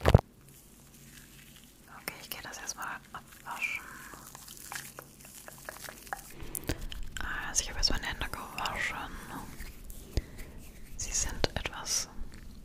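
Scratching and rubbing against a microphone, with foamy, squishy sounds of shaving cream worked over it. The noise comes in irregular bursts of clicks and scrapes, sparse in the first seconds and denser and busier after about six seconds, with sharp taps throughout.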